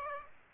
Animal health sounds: mosquito wingbeat signal from an infrared sensor; Aedes aegypti

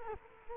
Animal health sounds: mosquito wingbeat signal from an infrared sensor; Culex quinquefasciatus

